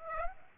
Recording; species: mosquito wingbeat signal from an infrared sensor; Aedes aegypti